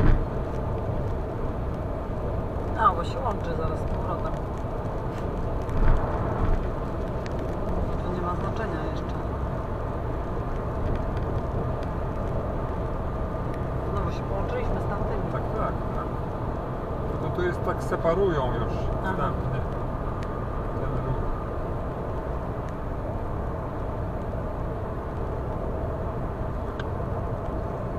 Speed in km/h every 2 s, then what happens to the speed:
115, 115, 115, 115, 115, 115, 115, 115, 115, 115, 115, 112, 112, 111.
0-21 steady at about 115.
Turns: none.